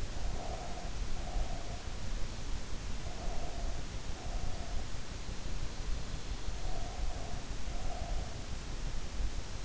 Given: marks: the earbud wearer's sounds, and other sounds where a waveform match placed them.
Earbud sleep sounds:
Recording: sounds in sleep by an in-ear microphone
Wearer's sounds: breath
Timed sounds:
0.00-2.07 s: breath
2.94-4.98 s: breath
6.37-8.55 s: breath

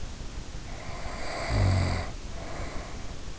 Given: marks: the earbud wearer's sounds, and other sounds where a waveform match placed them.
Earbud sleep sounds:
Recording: sounds in sleep by an in-ear microphone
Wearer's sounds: snoring breath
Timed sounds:
0.62-3.22 s: snoring breath

